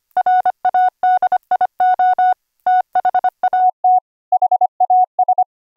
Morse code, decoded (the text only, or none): RADIO THAT HAS